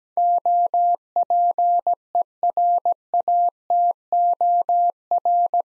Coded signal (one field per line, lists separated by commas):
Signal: Morse code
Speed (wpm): 17 wpm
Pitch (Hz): 700 Hz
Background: none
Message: OPERATOR